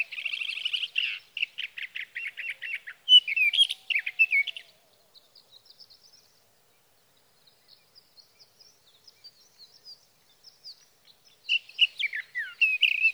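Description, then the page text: Sage thrasher song, a fast warbled run of buzzy, rattling notes for about five seconds, then faint scattered ticks, then the warbling resumes near the end. Male singing through the night near his night roost, three nights from the evening of June 12 to the morning of June 15, 2018, Sierra Valley, California; Swift recorder. "Sage thrasher songs, through the night. For three nights, from the evening of June 12 to the morning of June 15, 2018, in Sierra Valley, California, I placed a Swift recorder near a male's night roost."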